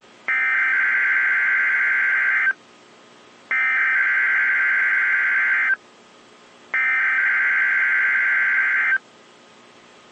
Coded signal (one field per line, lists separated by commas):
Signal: Emergency Alert System (SAME) tones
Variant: header bursts